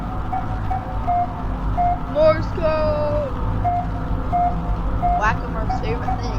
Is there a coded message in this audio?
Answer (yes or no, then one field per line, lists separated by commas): no